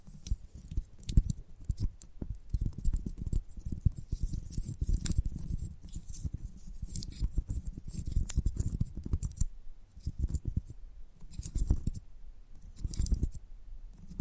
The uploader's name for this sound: ASMR Gentle Tapping